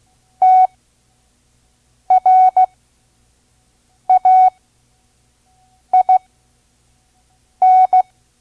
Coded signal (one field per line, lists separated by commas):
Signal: Morse code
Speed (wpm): 16 wpm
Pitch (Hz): 740 Hz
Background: none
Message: TRAIN